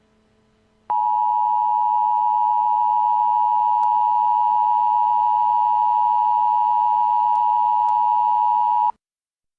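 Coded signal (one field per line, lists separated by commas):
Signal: Emergency Alert System (SAME) tones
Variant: 853 and 960 Hz attention tone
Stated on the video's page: Simulated EAS scenario for entertainment, not a real event.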